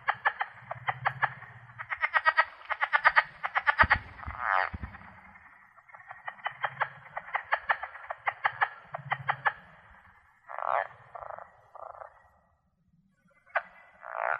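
Plains leopard frog produces long series of fast clicking pulses, then shorter grunting bursts, with a low humming chorus beneath and a brief thump.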